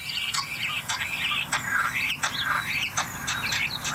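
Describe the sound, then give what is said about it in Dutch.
A starling mimics a car alarm, repeating short rising and falling whistled phrases in a quick, siren-like series, fairly soft over a steady low rumble. “Oh, dit is het autoalarm. Ja, hoor je eens? Ja, ja, nog een keer.”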